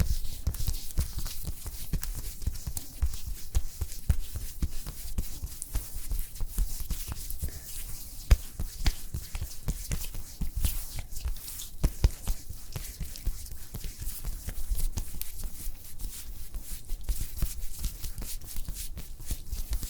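An after-sun cooling facial treatment, heard as a steady stream of soft pats, taps and rustles crowding together with no pause. A light hiss sits over everything, with a low thud underneath, and a few sharper taps stand out near 8 and 12 seconds.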